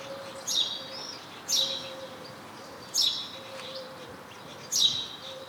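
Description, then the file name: House sparrow calls, sharp chirping notes given in short bursts roughly every one to two seconds, with a quiet steady hum beneath. "Passer domesticus"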